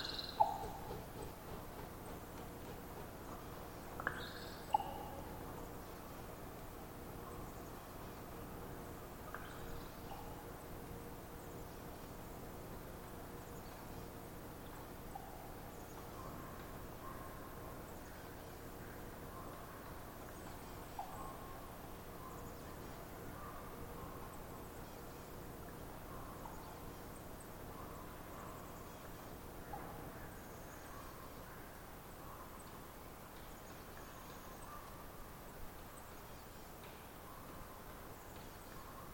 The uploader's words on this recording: More Raven Twittering-Pop. This is from a raven that settled somewhere around 50 ft above above me (and some distance away) and proceeded to make this brilliant “twittery-pop”. The recording’s a bit noisy because of distance and the oyster-hatchery across the bay.